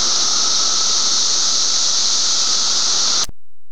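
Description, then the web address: Cicadas: a steady, intense high-pitched buzzing chorus that continues unchanged, then cuts off abruptly near the end. May 23, 2004. "fleur cicadas - cicadas 2 may 232004"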